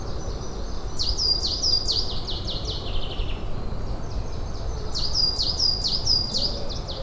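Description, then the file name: Coal tit giving two bursts of sharp, high, rapidly repeated descending notes, separated by a short pause, above a constant low rumble. Recorded 14 April 2009 at Güntersleben, Würzburg. "Tannenmeise 14 04 2009 Guentersleben WUe Rainer Jahn"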